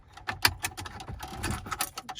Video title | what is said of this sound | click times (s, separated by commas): How To Remove A Virtual Cockpit In A Volkswagen Golf MK7 7.5 | you may hear a few clicky noises correctly but it's all normal | 0.3 s, 0.5 s, 0.7 s, 1.7 s, 1.8 s, 2.0 s